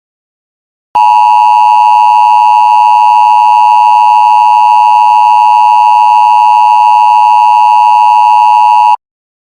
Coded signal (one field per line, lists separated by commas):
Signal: Emergency Alert System (SAME) tones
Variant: 853 and 960 Hz attention tone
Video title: EAS Scenario #2: Severe Thunderstorm Warning